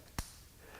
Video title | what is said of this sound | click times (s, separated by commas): Ridgid 18V Sub-Compact Combo - Impact Drill Driver | Right there. Now that chuck is locked, it's not going to back off | 0.2 s